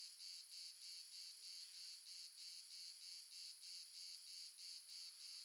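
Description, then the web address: Crickets chirping in a dense chorus, high pulsed trills repeating about three times a second in a steady rhythm, with no other clear sounds. Multiple crickets, ambience recorded in the south of France. "Red Sonic - Crickets and Frogs amb crickets multiple south france"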